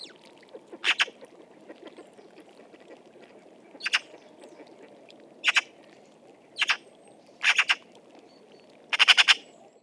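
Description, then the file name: Eurasian magpie giving harsh, rasping chack notes at irregular intervals, six bursts in all, the last a rapid run of several notes, over a low continuous background rumble. "Pica pica"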